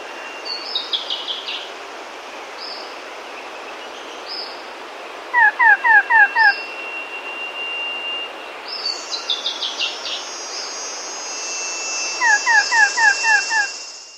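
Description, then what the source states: Variable antshrike song: short bursts of five quick, downward-slurred notes, twice, over steady hiss, with brief higher chirps from other birds. South America.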